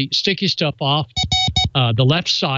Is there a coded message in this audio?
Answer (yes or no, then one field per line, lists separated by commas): no